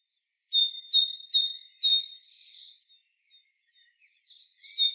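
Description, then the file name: Great tit song: four bright, ringing two-part notes near the same pitch, repeated quickly, then a softer buzzy trail and faint chirps before a final note. "Parus major"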